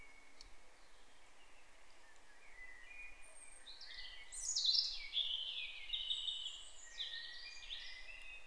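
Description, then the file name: European robin singing a high, thin, varied warbling phrase of sliding notes and short trills, quiet at first and strongest in the second half, over faint low background rumble. "Erithacus rubecula"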